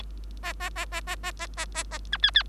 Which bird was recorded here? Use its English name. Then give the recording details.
Bengalese Finch. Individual Bird3